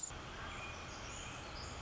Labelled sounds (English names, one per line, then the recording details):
Pacific Wren
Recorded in Sonoma County, California